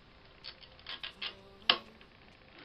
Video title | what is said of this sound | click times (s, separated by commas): Z-Creeper Unboxing!!! | So, from the looks of it, these pins pull out of there. Clicks back into there. | 1.7 s